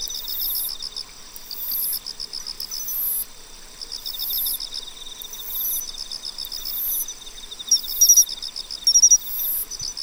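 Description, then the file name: Pine cricket giving a few sharp ringing chirps late on, amid a constant insect chorus of trills and high buzzes pulsing about once a second. "Matsumushi"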